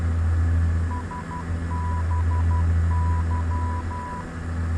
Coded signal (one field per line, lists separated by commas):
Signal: Morse code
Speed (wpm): 12 wpm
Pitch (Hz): 990 Hz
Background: none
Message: SBY